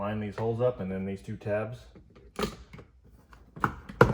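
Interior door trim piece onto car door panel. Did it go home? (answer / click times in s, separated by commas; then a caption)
yes / 4.0 s. A trim piece on the interior door panel of a 2021 Mazda CX-9 is lined up with its holes and two tabs, then pressed onto the panel while someone talks. A few small taps and rustles lead to a sharp, loud snap at 4.0 seconds as the trim seats back into place.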